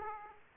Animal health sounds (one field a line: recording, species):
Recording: mosquito wingbeat signal from an infrared sensor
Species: Aedes aegypti